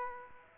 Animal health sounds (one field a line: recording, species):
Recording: mosquito wingbeat signal from an infrared sensor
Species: Aedes aegypti